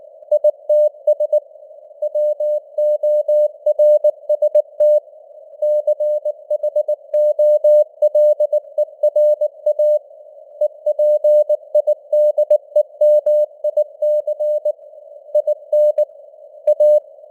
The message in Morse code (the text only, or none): ITS WORST CHOLERA EPIDEMIC IN A